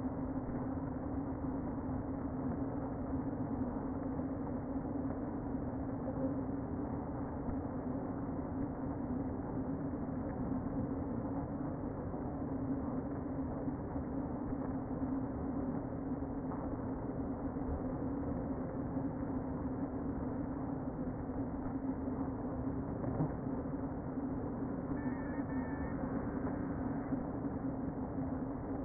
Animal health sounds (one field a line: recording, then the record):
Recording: honeybee colony, microphone inside the hive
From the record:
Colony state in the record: queen present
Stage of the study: before two queens were removed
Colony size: about 60,000 bees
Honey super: yes